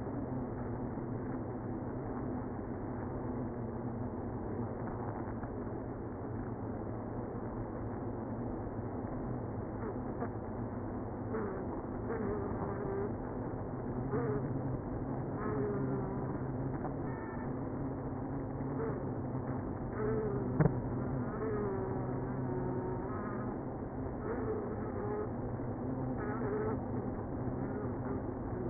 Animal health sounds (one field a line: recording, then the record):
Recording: honeybee colony, microphone inside the hive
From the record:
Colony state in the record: queenless (queen removed)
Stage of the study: after two queens were removed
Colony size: about 60,000 bees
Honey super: yes